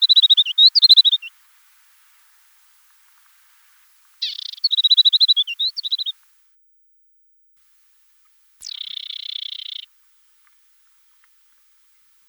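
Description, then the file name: Asian desert warbler: bursts of rapid, high tinkling notes with upward flicks, two phrases, then a long harsh buzzy rasp. "Slavka pustynnaja"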